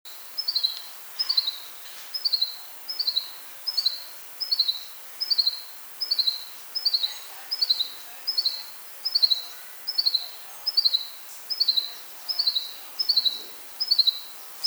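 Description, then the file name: Common chaffinch giving short high bursts of three or four quick descending notes, repeated steadily over a soft hiss. "Fringilla coelebs"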